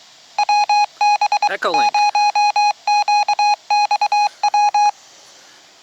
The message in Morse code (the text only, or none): WB 0QXW